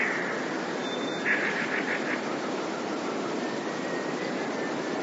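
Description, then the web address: Eurasian blue tit song, one thin high note followed by a quick run of about five lower, evenly spaced notes, over a steady broad hiss of background noise. "wroblowe teka 2 spiew, modraszkoteka"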